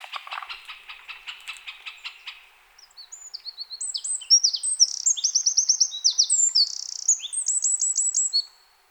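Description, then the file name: Eurasian wren song: a loud, fast, high-pitched burst of rattling trills and sharp notes, preceded by a rapid lower rattle, lasting several seconds. "Troglodytes troglodytes"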